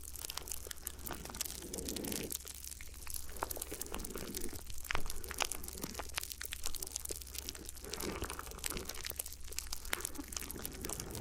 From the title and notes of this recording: ASMR Addictive Crinkly Ear Massage (No Talking).